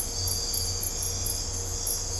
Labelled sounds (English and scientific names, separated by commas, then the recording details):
none
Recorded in dense forest near Puerto Asís, Putumayo, Colombia, on 22 December 2024 at 01:00
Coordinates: 0.503, -76.323
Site G043